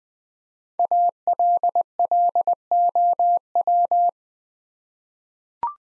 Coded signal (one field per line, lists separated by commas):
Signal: Morse code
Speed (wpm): 20 wpm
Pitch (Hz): 700 Hz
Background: none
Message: ALLOW